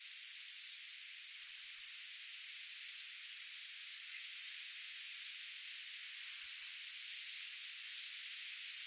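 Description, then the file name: Chestnut-sided warbler giving two quick, very high songs of rapid notes, with soft faint notes and hiss between. "Setophaga pensylvanica - Chestnut-sided Warbler"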